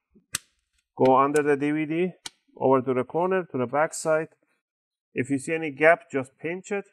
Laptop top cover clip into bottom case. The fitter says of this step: and then press it down make sure it clicks in and go all around